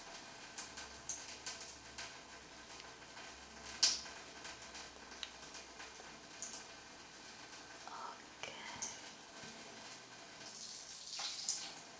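Shampoo and a head massage make soft, steady rubbing and squishing, with frequent brief crackles and splashes and a sharp bright snap near four seconds.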